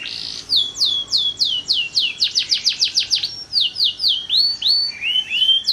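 Bird song: a short buzzy note, then quick high downslurred whistles, followed by slower rising and falling whistled notes.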